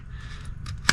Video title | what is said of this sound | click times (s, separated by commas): RC Filming Experiment, Your Thoughts Please | Just turn and lock into place, easy peasy. | 0.9 s